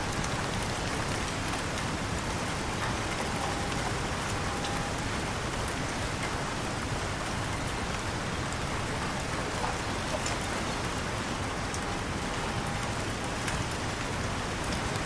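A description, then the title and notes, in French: Gentle rain falls onto the calm water of a canal, a steady, dense patter that never lets up across the whole stretch. Tiny bright drips and splashes sparkle through the soft hiss, with a faint low rumble underneath. Pluie douce | Gouttes de pluie sur la rivière. Un coin paisible de la campagne, où de douces gouttes de pluie embrassent la surface d'un canal serein.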